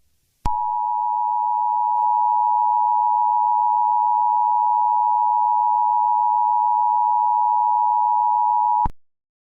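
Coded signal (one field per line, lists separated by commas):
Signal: Emergency Alert System (SAME) tones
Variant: 853 and 960 Hz attention tone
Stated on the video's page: Fictional EAS scenario.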